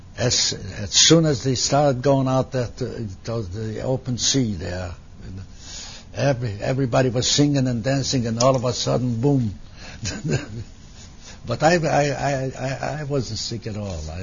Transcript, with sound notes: As soon as it started going out to the open sea there, everybody was singing and dancing and all of a sudden, boom. (he laughs) But I wasn't sick at all.